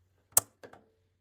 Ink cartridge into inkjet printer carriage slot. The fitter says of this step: And then once it's in this position, you're going to press on it until it clicks down.